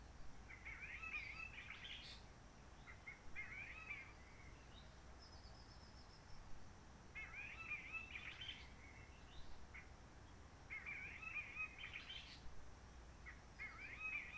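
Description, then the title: Réunion bulbul song: repeated short warbling phrases of jumbled whistles every few seconds, with faint high notes from another bird and a low background rumble. Roche Merveilleuse forest, Réunion; quiet since 19 March 2020 lockdown, no visitors, microlights or helicopters; sunny, blue sky; birds not very active; sings simpler short phrases, adapted to noise pollution. "Roche Merveilleuse, Réunion - Merle de lîle de la Réunion."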